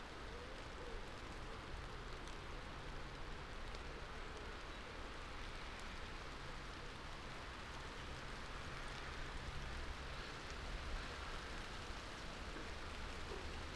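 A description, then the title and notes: Wind moves steadily through trees, a dense, even rush of hiss that barely rises or falls across the whole stretch. A soft patter like light rain runs through it, with a low rumble and faint hum underneath, giving a wide, open outdoor feel. A wide open landscape, resting, between gusts of rain-speckled Northumbrian air. Trees that transcribe the invisibly moving air into varying blends of white noise. This is another section from the mics we left out and alone for 14 hours last summer in the hills above Wooler in Northumberland.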